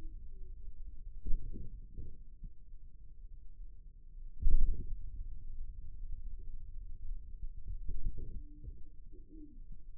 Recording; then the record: forearm muscle sounds (acoustic myography)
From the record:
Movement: radial deviation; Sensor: system 2, bracelet of six BSWA MPA416 microphones around the upper forearm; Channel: 4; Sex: male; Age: 22 years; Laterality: right